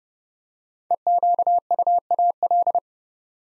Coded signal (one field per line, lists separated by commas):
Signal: Morse code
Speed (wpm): 30 wpm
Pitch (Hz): 700 Hz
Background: none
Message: EQUAL